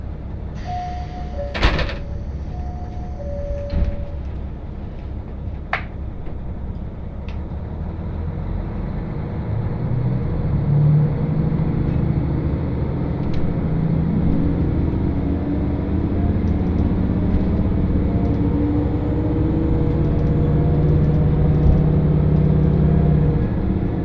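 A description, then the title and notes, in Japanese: A train ride on the Hakodate Main Line rumbles steadily and low, with early door clunks and short tones, growing slightly louder later. 鉄道旅 函館本線砂原支線 森→鹿部。キハ40系の単行で。というわけでロングシートに座っていきます。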